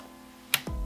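A RAM memory module, already lined up, is pressed slowly down into a motherboard DIMM slot. Its first retention clip snaps shut on one side with a single sharp click at 0.5 s, followed by a louder low-frequency sound from about 0.7 s. The other side is not latched yet.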